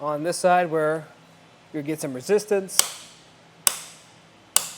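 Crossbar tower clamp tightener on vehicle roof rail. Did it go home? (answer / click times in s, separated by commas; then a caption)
yes / 3.7 s, 4.6 s. A Yakima JetStream crossbar tower clamp on the roof rail of a 2024 Hyundai Santa Fe is tightened by alternating from side to side until resistance builds, with someone talking first. The torque-limiting knob then gives two sharp, loud clicks at 3.7 s and 4.6 s, confirming the clamp has reached its set torque.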